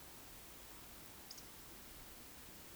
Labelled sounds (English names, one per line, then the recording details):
Eurasian Woodcock whistle
Eurasian Woodcock croak
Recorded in Baden-Württemberg, Germany, on 31 May 2021 at 20:15 UTC
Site 20675, 466 m above sea level